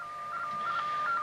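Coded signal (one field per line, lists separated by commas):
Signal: RTTY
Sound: steady warbling tone hopping briefly between two close pitches, over hiss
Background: radio static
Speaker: you can hear the bit of it in the background that's genuine HT meters pretty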